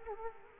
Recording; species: mosquito wingbeat signal from an infrared sensor; Culex quinquefasciatus